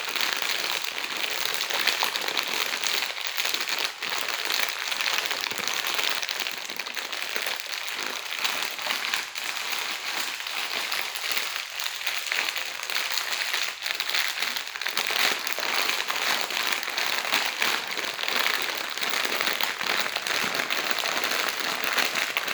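A Doritos bag rustles and crinkles without pause for the whole stretch, a dense, bright crackling that never settles into a rhythm. The level stays fairly even throughout, with small flurries of sharper crinkles scattered irregularly and little low sound underneath.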